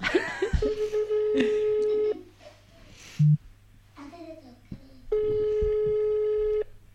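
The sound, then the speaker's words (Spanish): An outgoing phone call rings unanswered: two long, steady, buzzy ringback tones separated by a few seconds of quiet, with a short low beep in the gap and faint background noise. “Hay que coger el teléfono. Oh. Ay, pero ya sé por qué no lo coge.”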